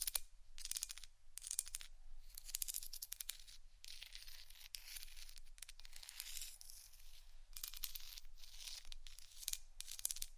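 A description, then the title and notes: Intense scratching in harsh, bright bursts, some short and some sustained, with brief gaps and a faint low rumble underneath. ASMR Intense Scratching. (No Talking).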